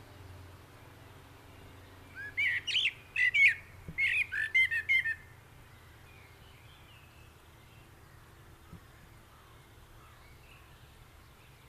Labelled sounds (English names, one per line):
Common Blackbird song